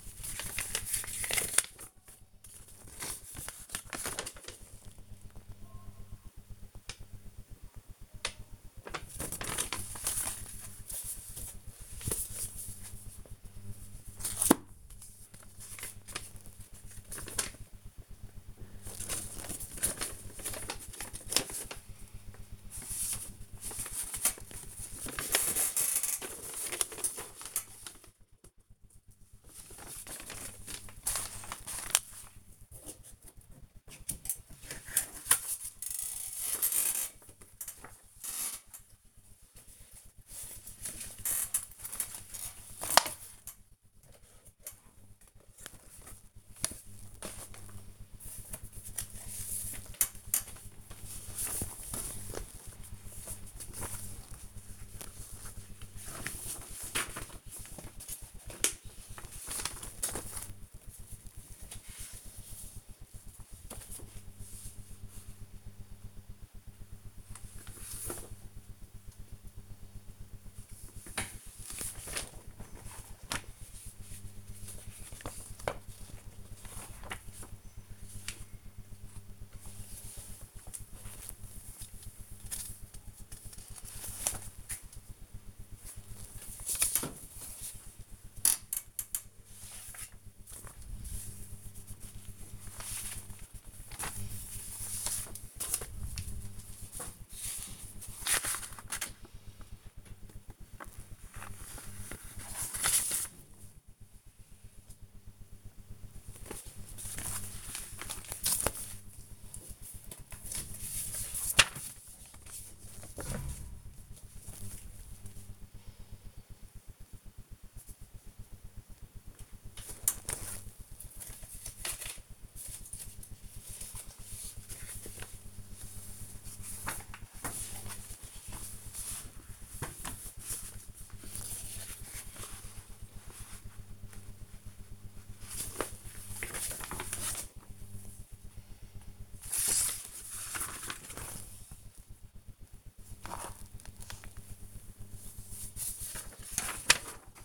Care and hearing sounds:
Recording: household activities, microphone on the right wrist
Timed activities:
0.00-30.61 s: sorting documents
33.64-147.45 s: sorting documents

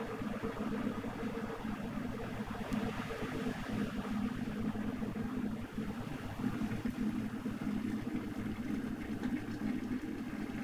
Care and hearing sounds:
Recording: household activities, microphone on the right wrist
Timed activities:
0.00-10.64 s: making tea

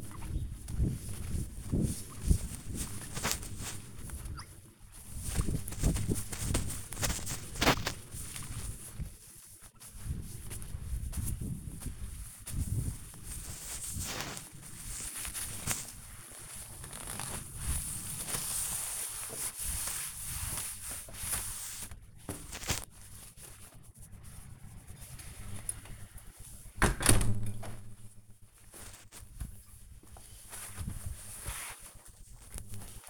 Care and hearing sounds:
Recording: household activities, microphone on the right wrist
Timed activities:
0.00-28.13 s: window cleaning

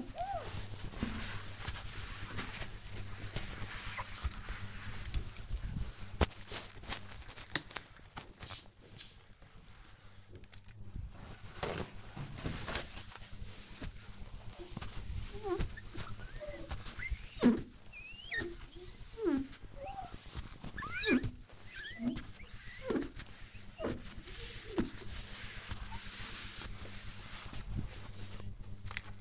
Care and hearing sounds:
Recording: household activities, microphone on the right wrist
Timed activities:
0.00-29.21 s: window cleaning

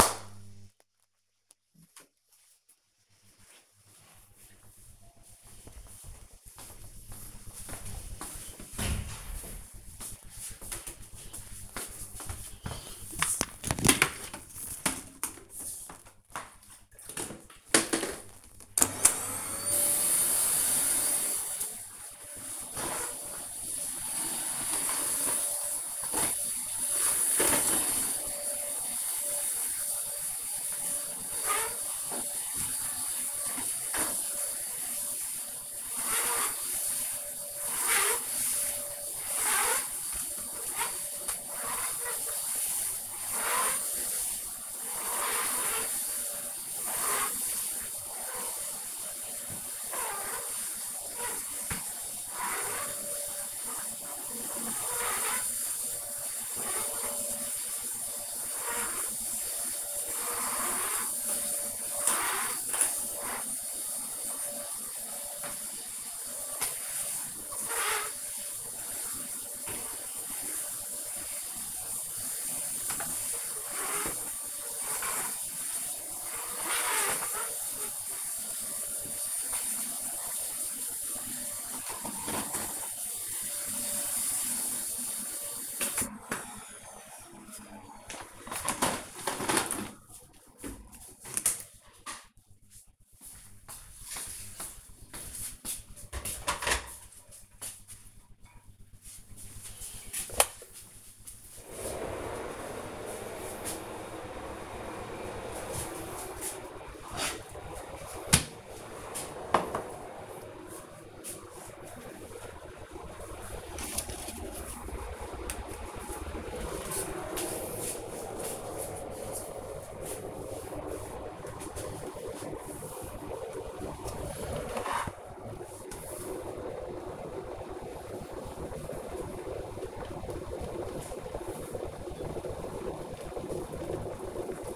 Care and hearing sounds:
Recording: household activities, microphone on the right wrist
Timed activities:
18.18-85.68 s: vacuum cleaning
100.82-134.76 s: making tea
108.88 s: note: no refill

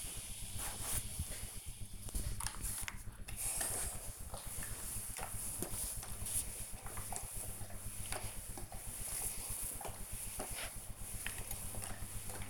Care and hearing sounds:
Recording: household activities, microphone on the right wrist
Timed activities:
0.00-12.50 s: ironing laundry

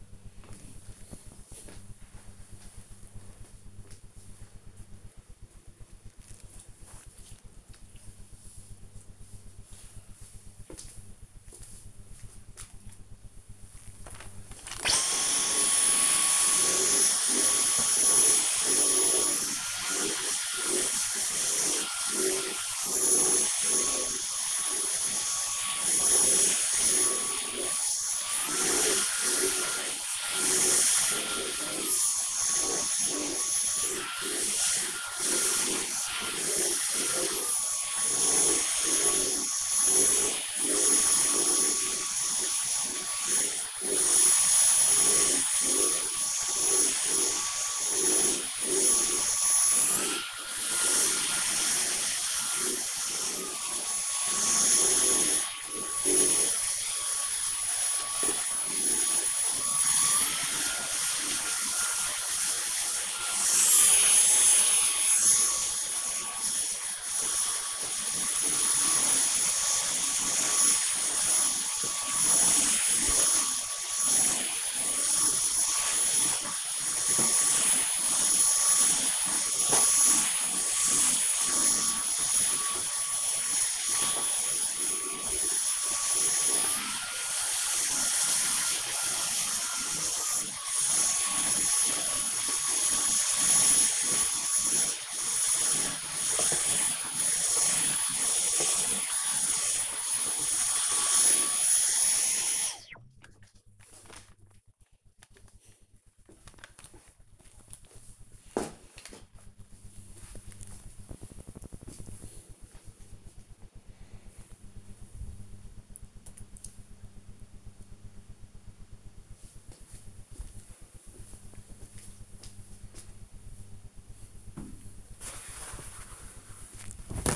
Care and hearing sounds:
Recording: household activities, microphone on the right wrist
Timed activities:
13.92-104.38 s: vacuum cleaning
124.49-127.36 s: window cleaning

